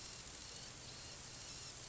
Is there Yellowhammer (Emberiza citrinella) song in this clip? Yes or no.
no